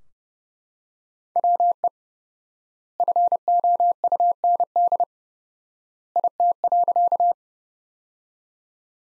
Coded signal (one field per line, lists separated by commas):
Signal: Morse code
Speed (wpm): 30 wpm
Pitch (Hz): 700 Hz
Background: none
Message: WE FOUND IT.